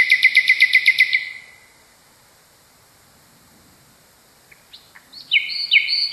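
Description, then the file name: Common nightingale song: the end of a fast repeated trill, a silent pause, then short high whistled notes building into rapid stepped phrases. Song variation of a common nightingale. "kicauan-nightingale-a-variasi 1-omkicau"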